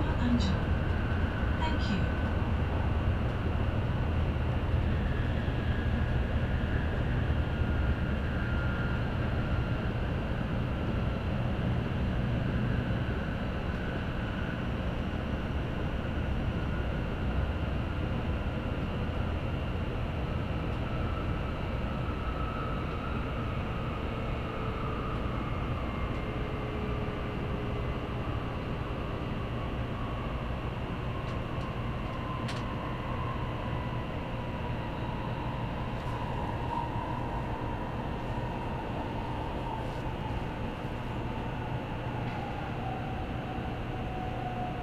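Inside a Tokaido Shinkansen Kodama car running from Nagoya toward Toyohashi, a steady low rumble of running noise fills the whole clip. A faint whine slides slowly downward over the second half, and a few brief clicks and ticks appear near the start and around thirty-five seconds.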